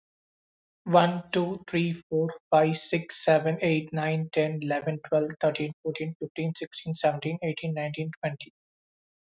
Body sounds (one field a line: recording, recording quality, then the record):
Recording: counting at a fast pace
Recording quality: excellent, no background noise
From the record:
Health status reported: healthy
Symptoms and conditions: diabetes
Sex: male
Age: 39 years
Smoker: not ticked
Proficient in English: yes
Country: India